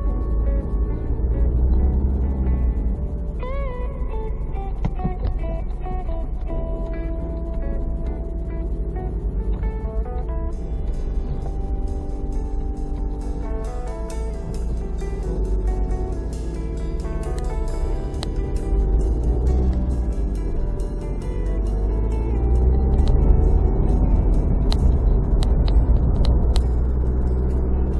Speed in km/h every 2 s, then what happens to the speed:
14, 17, 8, 0, 12, 11, 6, 0, 0, 10, 17, 29, 41, 45.
2-5 brakes to 0. 10-13 brakes to 0. 13-17 standing. 17-28 pulls away to 45.